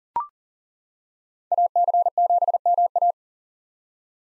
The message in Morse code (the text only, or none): AC7MA